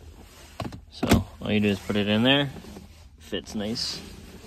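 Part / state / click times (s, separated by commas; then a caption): cup holder insert into car center console / not seated / none. A new plastic cup holder insert with clips on the bottom is lined up and put into the center console of a Subaru Ascent, higher side toward the front, as part of a cup holder fix. Short sharp knocks of plastic handling sound around 0.6 and 0.7 s, with a louder thump near 1.1 s, while someone talks. The insert has not seated or clicked into place yet.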